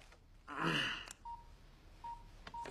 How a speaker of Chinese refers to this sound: 拨回去，拨回去啊！